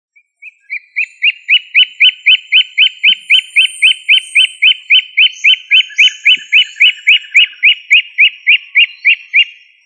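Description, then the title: Bird song: a long, fast, evenly spaced series of bright, chipping whistled notes, nearly four each second, running steadily for about nine seconds, with faint higher chirps in the latter half. "LuckyPassaro Completos2Sama"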